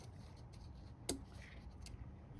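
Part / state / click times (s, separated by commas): connector position lock tab on ignition coil connector / seated / 1.1 s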